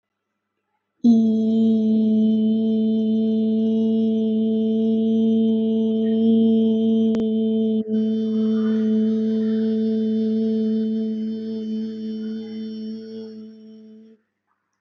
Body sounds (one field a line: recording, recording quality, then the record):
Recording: sustained vowel as in beet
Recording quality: moderate, slight background noise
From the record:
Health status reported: healthy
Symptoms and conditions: none ticked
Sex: female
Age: 18 years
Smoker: not ticked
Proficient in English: yes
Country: India